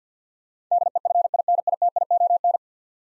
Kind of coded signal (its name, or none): Morse code